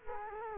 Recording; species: mosquito wingbeat signal from an infrared sensor; Culex quinquefasciatus